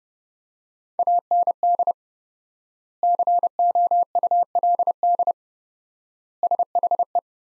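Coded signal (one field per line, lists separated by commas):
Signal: Morse code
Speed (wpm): 32 wpm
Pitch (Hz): 700 Hz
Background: none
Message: AND COULD SHE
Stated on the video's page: Morse code sentences from the top 100 words at 30 wpm with 4x word spacing, a Farnsworth-like head-copy drill.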